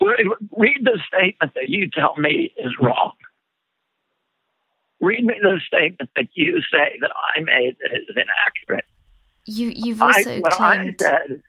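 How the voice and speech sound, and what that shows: Adult male speaking in a shaking voice, from spasmodic dysphonia, a condition of the muscles in the throat.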